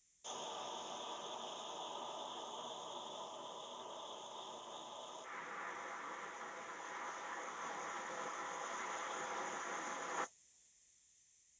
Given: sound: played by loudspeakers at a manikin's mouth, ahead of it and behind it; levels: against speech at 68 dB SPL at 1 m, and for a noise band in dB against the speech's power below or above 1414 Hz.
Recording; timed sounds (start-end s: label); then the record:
test signals for a remote microphone
0.24-5.24 s: speech-spectrum noise from ahead, +10 dB
5.24-10.24 s: speech-spectrum noise from behind, +10 dB
From the record:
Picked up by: remote microphone D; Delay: 24 ms